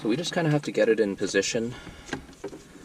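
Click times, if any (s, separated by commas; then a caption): none. Someone talks while a new electronic parking brake switch for a 2016 Honda HR-V is held and moved into position in the center console trim, with faint handling noises toward the end. The switch has not clicked or seated into the console yet.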